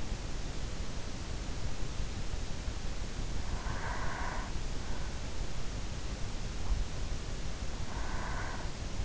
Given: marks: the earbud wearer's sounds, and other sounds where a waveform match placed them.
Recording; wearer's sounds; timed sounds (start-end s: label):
sounds in sleep by an in-ear microphone; breath
3.49-4.67 s: breath
7.28-9.05 s: breath